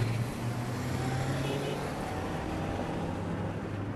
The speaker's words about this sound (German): Dutzende von Kämpfern kommen aus der Stadt gerannt, hasten in ihre Autos und fahren in rasendem Tempo dem Ortsausgang entgegen. Ein Rückzug.